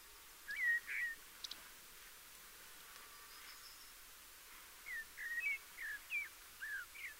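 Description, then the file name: Common blackbird whistling short slurred notes, a pair early on then a loose series of clear rising and falling whistles toward the end, over a steady low hiss. "Turdus merula"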